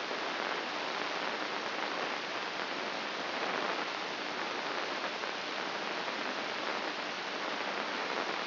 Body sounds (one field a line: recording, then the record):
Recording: brain microelectrode recording played as sound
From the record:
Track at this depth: inside the subthalamic nucleus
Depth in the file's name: 3.631 mm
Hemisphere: left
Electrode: 3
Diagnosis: Parkinson's disease